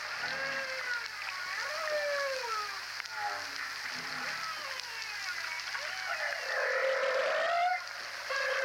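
Whale song: arching and falling harmonic tones, some swooping upward, overlapping in a continuous sequence above a hissing background.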